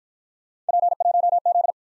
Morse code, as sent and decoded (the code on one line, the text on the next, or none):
.--. .---- --..
P1Z